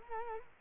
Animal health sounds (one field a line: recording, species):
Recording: mosquito wingbeat signal from an infrared sensor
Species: Culex quinquefasciatus